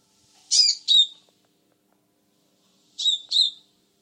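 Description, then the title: Sunbird calls: two pairs of sharp, high double chirps, the second pair about two and a half seconds after the first. "kicau kolibri"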